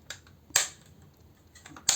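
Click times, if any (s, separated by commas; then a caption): 0.6 s, 1.9 s. Plastic parts of a toy action figure are brought up so they tab into place, with a few faint clicks and handling noises between two sharp snaps at 0.6 s and 1.9 s. The parts end up seated in their tabs.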